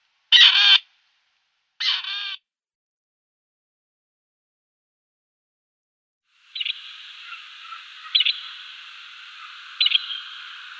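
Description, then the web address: Grey partridge: two separate grating calls, a pause, then a long stretch of harsh, buzzy chattering with a few louder rasping peaks. Display call. "Schulze Peter Grey Partridge display"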